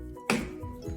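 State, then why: Seated. The pin end of a roller blind is wound into a cross-pin wall bracket and pushed home. It seats with a single sharp click at 0.3 s over a steady tonal background hum.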